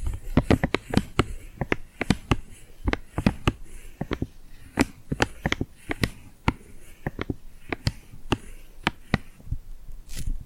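Tingly glued hand sounds: sharp, sticky clicks and pops as skin pulls apart, coming in quick irregular bursts about two to four per second throughout. Each snap is crisp and bright, over a soft low rustle, with a brief hiss near the end.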